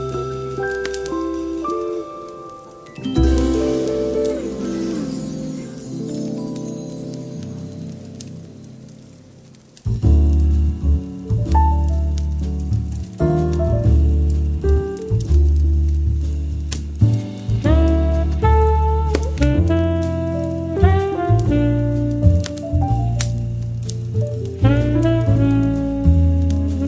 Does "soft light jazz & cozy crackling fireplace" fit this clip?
yes